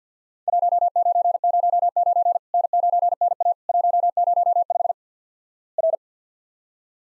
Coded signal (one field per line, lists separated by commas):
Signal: Morse code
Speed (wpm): 47 wpm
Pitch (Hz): 700 Hz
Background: none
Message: 1909 N9NA 105 R